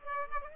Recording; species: mosquito wingbeat signal from an infrared sensor; Aedes aegypti